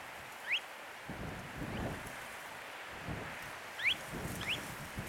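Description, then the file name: Kentish plover calls: a few short, quickly rising whistled notes spread across five seconds, over rushing background noise. "Gravelot-à-collier-interrompu-Charadrius-alexandrinus"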